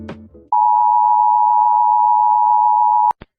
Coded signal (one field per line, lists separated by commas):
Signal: Emergency Alert System (SAME) tones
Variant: 853 and 960 Hz attention tone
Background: music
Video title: Rating EAS Alarm Part 2